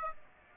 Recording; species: mosquito wingbeat signal from an infrared sensor; Aedes aegypti